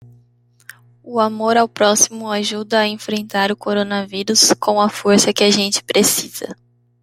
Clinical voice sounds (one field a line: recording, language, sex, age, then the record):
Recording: spoken sentence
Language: Brazilian Portuguese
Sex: female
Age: 20 to 29 years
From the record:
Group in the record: control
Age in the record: 28 years